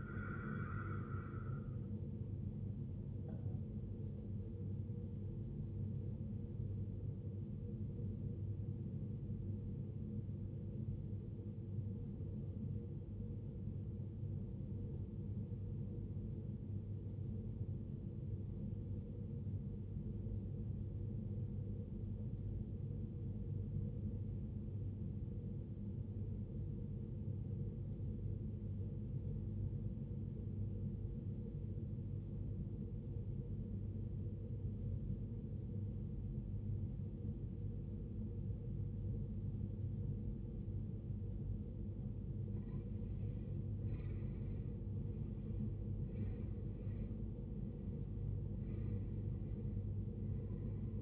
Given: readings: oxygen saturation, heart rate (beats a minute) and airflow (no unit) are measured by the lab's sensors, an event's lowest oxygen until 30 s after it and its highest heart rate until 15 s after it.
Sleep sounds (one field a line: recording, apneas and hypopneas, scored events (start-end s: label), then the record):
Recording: breathing in sleep by a smartphone at the bedside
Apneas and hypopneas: 1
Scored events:
1.00-51.02 s: new sleep stage, N1 (lightest sleep)
9.00-42.40 s: obstructive apnea (N1, oxygen 95% highest, then 85% lowest, heart rate 53 at the start, 71 highest)
From the record:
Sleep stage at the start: REM sleep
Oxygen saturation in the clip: 89 to 95%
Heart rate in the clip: 50 to 71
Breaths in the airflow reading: 4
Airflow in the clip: -15.7 to 17.4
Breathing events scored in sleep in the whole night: 389 in 6.3 hours asleep